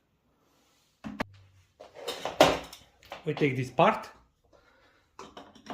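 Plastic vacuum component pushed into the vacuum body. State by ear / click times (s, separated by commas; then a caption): not seated / none. A plastic part of a Kärcher WD3 wet/dry vacuum is picked up and handled before being pushed into the vacuum body, with short plastic knocks and rattles while someone talks. Nothing has seated or clicked yet.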